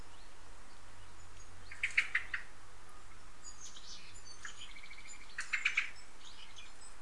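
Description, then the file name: Common blackbird calls in two short bursts of quick, sharp chattering notes, a few seconds apart, with a quiet steady hum beneath. "Turdus merula"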